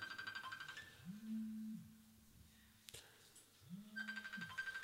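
A mobile phone rings during an Arabic grammar lesson with a repeating electronic ringtone: bursts of bright, rapidly pulsing high tones alternate with a low sustained hum, the pattern cycling about twice with no talking.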